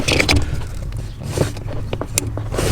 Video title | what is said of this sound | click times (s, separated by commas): Improve Your Driving Experience! Pedal Commander Install & Review. | so that one clicked into place and then we gotta find the wiring harness but | 2.2 s